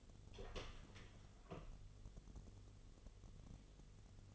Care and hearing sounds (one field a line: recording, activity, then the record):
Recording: daily activity, microphone in the room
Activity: open door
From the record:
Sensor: 4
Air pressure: 1016.1 hPa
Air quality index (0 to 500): 210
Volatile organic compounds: 13 ppm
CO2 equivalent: 2401 ppm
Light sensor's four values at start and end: 9/20/8/7 and 9/20/8/7